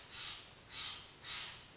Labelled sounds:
Steller's Jay (Cyanocitta stelleri)
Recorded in Sonoma County, California

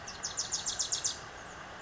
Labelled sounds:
Bewick's Wren (Thryomanes bewickii)
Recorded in Sonoma County, California

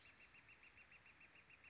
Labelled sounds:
Northern Flicker (Colaptes auratus)
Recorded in Sonoma County, California

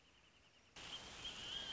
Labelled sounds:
Wrentit (Chamaea fasciata)
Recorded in Sonoma County, California

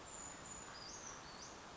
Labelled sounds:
Brown Creeper (Certhia americana)
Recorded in Sonoma County, California

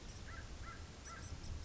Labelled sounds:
American Crow (Corvus brachyrhynchos)
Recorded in Sonoma County, California

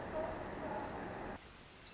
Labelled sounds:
Pacific Wren (Troglodytes pacificus)
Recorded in Sonoma County, California

